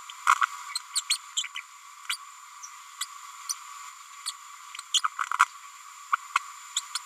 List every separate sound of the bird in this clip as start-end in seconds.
0.27-0.34, 0.95-1.01, 1.09-1.17, 1.36-1.44, 1.55-1.60, 2.09-2.17, 3.00-3.05, 3.49-3.53, 4.25-4.32, 6.12-6.16, 6.35-6.38, 6.76-6.80, 6.95-6.98